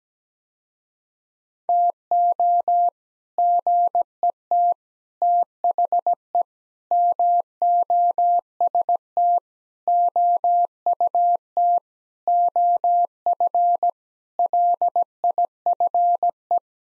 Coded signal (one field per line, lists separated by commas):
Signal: Morse code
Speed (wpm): 17 wpm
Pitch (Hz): 700 Hz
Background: none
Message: TO GET THE MOST OUT OF LIFE